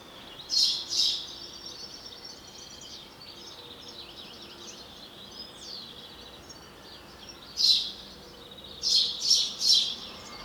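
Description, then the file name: House sparrow chirps, a pair at the start and a cluster of four near the end, with faint warbling in between. "Passer domesticus"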